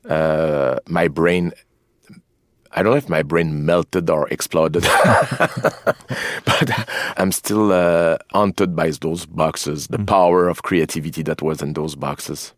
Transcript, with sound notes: my brain - I don't know if my brain melted or exploded, (laughter) but I'm still haunted by those boxes. The power of creativity that was in those boxes.